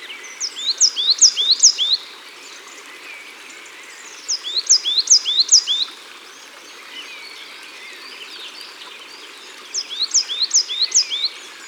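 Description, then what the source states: Coal tit singing bright, high two-note phrases in three bursts of several repeats, separated by pauses. Recorded at the water's edge.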